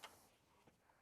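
A vehicle fuse box is being handled over its plastic mounting base on a Jeep JL/Gladiator dual battery setup, about to be slid down until its retaining clips snap. A sharp tick opens the clip, followed by a quieter knock near 0.7 s and a faint tick near 0.9 s. Nothing has seated or clicked yet.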